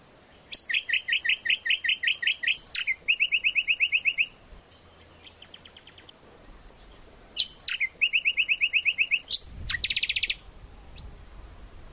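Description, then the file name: Brown honeyeater song: quick runs of bright repeated notes at high pitch, a soft faint trill midway, then more loud runs of repeated notes. "audio lichmera indistincta"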